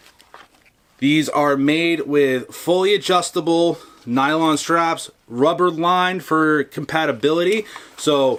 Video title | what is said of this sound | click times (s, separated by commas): The Alien Gear Drop Leg Holster For the Glock 19 | and it releases the gun it has a audible click when it goes into the holster | 0.3 s